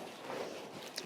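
A plastic drip irrigation fitting is pushed into an irrigation hose, which can be tough to do, over a low steady background hiss. A short, sharp snap is heard at 0.98 s as the fitting seats in the hose.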